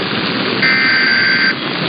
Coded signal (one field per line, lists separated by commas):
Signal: Emergency Alert System (SAME) tones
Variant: header bursts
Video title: Nebraska Required Monthly Test on KRVN 880 (EAS #10694) 4/18/23